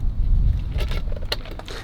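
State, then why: Seated. A metal door-lock mechanism in the door of a Rolls-Royce Silver Spirit is worked by hand, with low rumbling and soft handling noises throughout. It gives one sharp click at 1.3 s as the mechanism clicks over and seats, followed by a few faint ticks.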